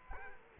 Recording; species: mosquito wingbeat signal from an infrared sensor; Culex quinquefasciatus